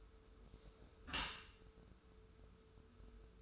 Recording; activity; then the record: daily activity, microphone in the room; close dishwasher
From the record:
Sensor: 2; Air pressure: 1014.8 hPa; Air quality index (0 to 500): 25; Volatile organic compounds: 0 ppm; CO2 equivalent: 500 ppm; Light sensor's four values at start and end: 10/23/9/10 and 10/23/9/10